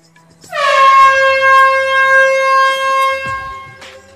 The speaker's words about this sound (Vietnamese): Tiếng kèn vang dài nặng, cất lên cao vút, truyền ra phương xa.